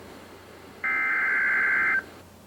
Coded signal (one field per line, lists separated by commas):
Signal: Emergency Alert System (SAME) tones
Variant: header bursts